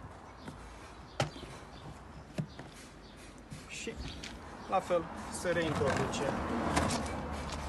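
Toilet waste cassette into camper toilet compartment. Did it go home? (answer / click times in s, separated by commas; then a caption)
no / none. A camper's portable toilet waste cassette is handled and pushed back toward its compartment while someone talks, with a few sharp knocks near 1.2 s and 2.4 s and scraping, rattling handling noises later on. The cassette has not yet latched or clicked into place by the end of the clip.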